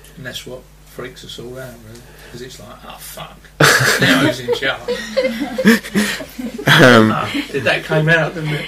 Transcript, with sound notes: And that's what freaks us all out, really, because it's like, "Ah fuck!" [laughter] "Now who's in charge?!" Oh, that came out, didn't it?